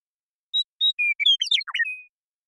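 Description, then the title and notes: Western meadowlark song: paired whistled notes, a level whistle, then a rapid liquid tumble of notes sweeping down before a final flat whistle. Song, contact calls and flush; recorded in the Pacific Northwest, Washington, United States. "Western Meadowlark, Sturnella neglecta, song, contact calls, and flush, family: Troupials and Allies Recorded in the beautiful Pacific Northwest in Washington, United States"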